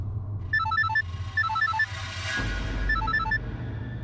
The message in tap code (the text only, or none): none